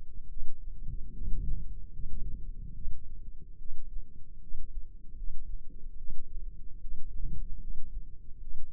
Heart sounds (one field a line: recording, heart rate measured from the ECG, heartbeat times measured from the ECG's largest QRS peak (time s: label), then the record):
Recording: heart sounds by microphone in the left ear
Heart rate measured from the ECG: 74 bpm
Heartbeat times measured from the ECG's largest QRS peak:
0.28 s: heartbeat
1.12 s: heartbeat
1.91 s: heartbeat
2.73 s: heartbeat
3.57 s: heartbeat
4.39 s: heartbeat
5.15 s: heartbeat
5.96 s: heartbeat
6.79 s: heartbeat
7.58 s: heartbeat
8.39 s: heartbeat
From the record:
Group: healthy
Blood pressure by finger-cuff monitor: 92/60 mmHg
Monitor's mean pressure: 70 mmHg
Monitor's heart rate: 73 bpm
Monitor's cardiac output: 5.6 L/min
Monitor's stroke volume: 76 mL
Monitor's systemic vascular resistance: 900 dyn s/cm5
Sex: female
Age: 19 years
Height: 163 cm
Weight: 51 kg